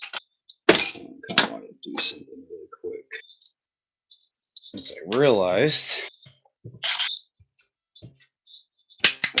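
Someone talks while working the nut on the radiator mounting point of a 2001 Yamaha R1 motorcycle frame during an engine swap, with scattered short knocks and clicks between the words. A quick series of sharp hits lands at 9.1, 9.2 and 9.4 s. The radiator mount's thread has stripped out, and the nut can no longer be removed.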